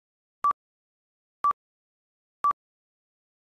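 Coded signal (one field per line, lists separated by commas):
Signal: none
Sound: answering machine beep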